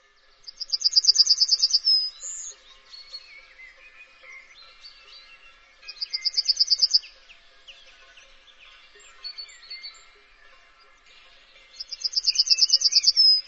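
Bird song phrase repeated three times, each a rapid high rattling trill ending in a sharp upward flick, with quieter twittering in the gaps.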